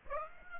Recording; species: mosquito wingbeat signal from an infrared sensor; Aedes aegypti